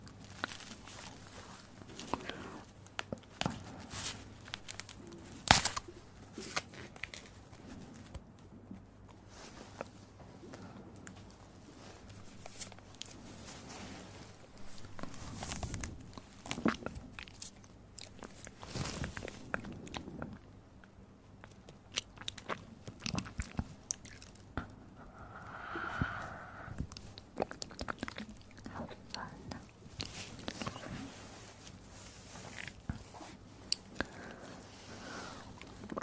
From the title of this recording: Sensitivity Spine Tingling Mouth Sounds